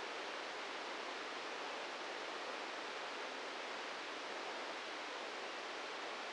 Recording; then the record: brain microelectrode recording played as sound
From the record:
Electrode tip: inside the subthalamic nucleus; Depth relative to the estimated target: 1 mm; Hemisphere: right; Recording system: NeuroSet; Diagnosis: Parkinson's disease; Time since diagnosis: 13 years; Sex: male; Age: 63 years